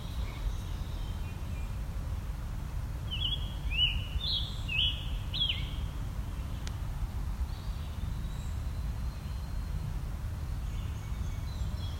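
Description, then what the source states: Scarlet Tanager singing a run of five buzzy, burred robin-like phrases, with a low background hum throughout. Singing from the top of a mature tree on a ravine edge in old growth forest, Dundas Valley, Hamilton, late July midsummer morning; like a robin with a sore throat.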